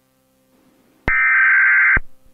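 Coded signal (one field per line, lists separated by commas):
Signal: Emergency Alert System (SAME) tones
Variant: header bursts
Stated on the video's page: Fictional EAS scenario with simulated alert.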